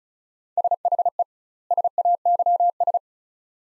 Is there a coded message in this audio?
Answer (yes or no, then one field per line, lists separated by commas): yes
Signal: Morse code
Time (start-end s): 0.6-3.0 s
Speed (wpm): 34 wpm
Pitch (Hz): 700 Hz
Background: none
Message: SHE SAYS